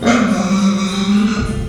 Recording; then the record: squeal of a Yucatan mini pig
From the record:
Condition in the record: after surgery on the right vocal fold (resection and tissue-engineered implant); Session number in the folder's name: 13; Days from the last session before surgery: 113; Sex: female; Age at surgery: 19 weeks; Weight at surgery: 25 kg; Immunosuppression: prednisolone